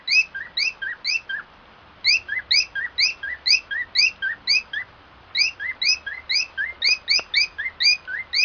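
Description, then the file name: Cockatiel singing rapid upward-sliding chirps, alternating higher and lower notes in busy phrases with a pause near two seconds and another near five. Song of a white-faced cockatiel. "canto da calopsita cara branca"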